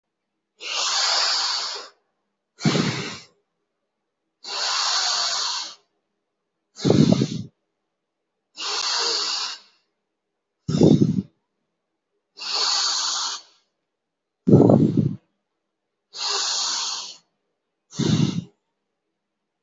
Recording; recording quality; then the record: deep breathing; excellent, no background noise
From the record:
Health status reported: healthy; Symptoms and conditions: none ticked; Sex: male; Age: 50 years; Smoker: not ticked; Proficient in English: yes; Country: India